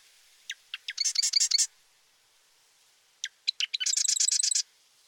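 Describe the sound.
Marsh wren singing twice: scattered sharp ticking notes accelerate into a dry, rapid, rattling trill, the second song arriving about three seconds after the first.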